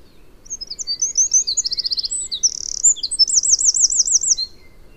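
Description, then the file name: Eurasian wren song, a loud rapid high-pitched outpouring of sharp notes and fast buzzy trills, with a rolling trill near the end, lasting about four seconds. "Troglodytes troglodytes"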